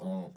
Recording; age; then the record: pig call; piglet (1 to 25 days)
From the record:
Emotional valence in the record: negative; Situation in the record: short isolation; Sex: male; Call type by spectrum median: low-frequency call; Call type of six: low-frequency stable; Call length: 0.37 s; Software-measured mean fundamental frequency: 58 Hz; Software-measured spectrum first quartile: 187 Hz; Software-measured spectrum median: 284 Hz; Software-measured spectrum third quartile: 601 Hz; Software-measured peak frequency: 185 Hz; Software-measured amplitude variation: 119 dB a second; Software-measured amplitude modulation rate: 13.6 a second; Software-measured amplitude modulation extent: 8.8 dB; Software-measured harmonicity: 9.3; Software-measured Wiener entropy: -0.33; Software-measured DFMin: 1656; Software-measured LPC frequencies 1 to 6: 3710, 5335, 6156, 7213, 8137, 9534 Hz